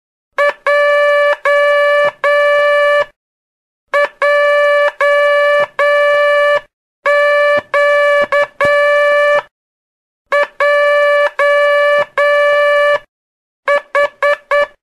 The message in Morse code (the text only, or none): J J Q J H